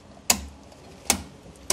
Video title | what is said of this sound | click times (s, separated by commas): This Solar HACK for Heat Pumps could save you THOUSANDS | and it should just click into place | 0.3 s, 1.1 s, 1.7 s